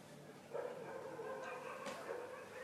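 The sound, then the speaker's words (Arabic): A voice imitates a dog barking with a couple of short, mid-pitched woof sounds in quick succession, fairly loud against a faint background hiss. “المهم، فالرجل اسمه كلب، فسئل الطفل عن اسم أبيه فقال اسمه وو وو، يعني جاء بصوت الكلب يعني.”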